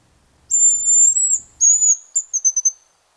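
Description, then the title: Hazel Grouse whistling: a long high thin note, a second slightly lower note, then a brief stuttering series of short high notes. "Viikon luontoääni: Pyy"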